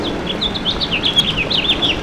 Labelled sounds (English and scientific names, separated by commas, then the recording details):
House Finch (Haemorhous mexicanus) song
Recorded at Baldwin on Long Island, New York, on 28 May 2013
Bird I